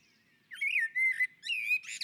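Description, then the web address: Common blackbird song fragment: a short run of clear fluty whistles that rise and fall, closing in a scratchy high flourish. On the roof. "sammel Naturinspelningar Koltrast på taket"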